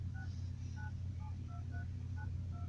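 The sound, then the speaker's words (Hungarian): About seven short dual-pitched keypad beeps tap out in an uneven rhythm as buttons are pressed on a waterproof phone, sounding over a steady low hum and rumble. “Gondolok, az összkés egy vízálló, ilyen ütősávú telefon.”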